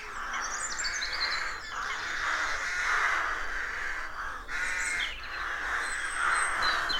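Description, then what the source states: Dense rook cawing with short lulls, accompanied by high twittering songbird notes. Wild rook colony of more than 300 birds nesting in a dozen roadside trees, deeply rural County Armagh, early spring; pairs greeting, squabbling with neighbours as first chicks hatch.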